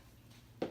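A door swivel lock on a metal wire ferret cage is worked during assembly and clicks into place at 0.6 s. Before it, the clip has only a quiet, low hum. The click is one sharp, short snap and the latch is seated.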